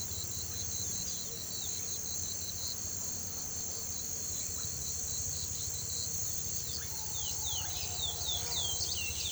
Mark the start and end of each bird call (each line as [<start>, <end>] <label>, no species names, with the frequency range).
[6.53, 9.31] bird call (1.5-6.2 kHz)